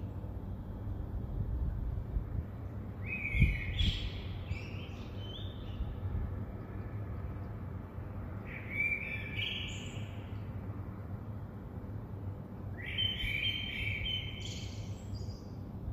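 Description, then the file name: Eurasian blackbird giving three short, high chattering phrases spaced several seconds apart, over a steady low rumble of background noise. "Turdus merula"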